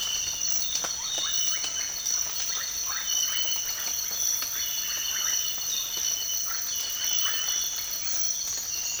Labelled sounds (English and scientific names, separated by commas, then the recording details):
none
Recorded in dense forest near Puerto Asís, Putumayo, Colombia, on 8 March 2025 at 06:00
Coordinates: 0.484, -76.325
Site G045